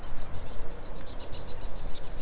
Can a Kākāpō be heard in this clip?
no